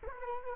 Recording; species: mosquito wingbeat signal from an infrared sensor; Culex quinquefasciatus